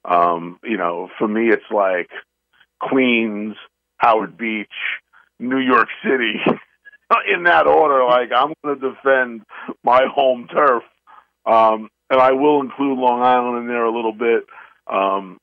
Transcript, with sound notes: you know, for me it's like queens, Howard Beach, New York City, (laughs) uh, in that order. Like, I'm gonna defend my home turf. Um, and I will include Long Island in there a little bit.